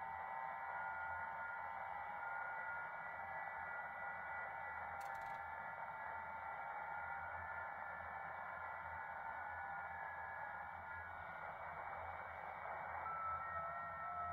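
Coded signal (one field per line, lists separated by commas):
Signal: FT8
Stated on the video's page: FT8 decoded live, received on an ATS120D handheld receiver.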